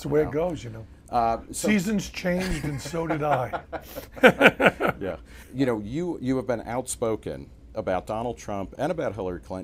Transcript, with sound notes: That's the way it goes, you know. Seasons change, and so did I. *laughs*
You know, you have been outspoken about Donald Trump and about Hillary Clinton.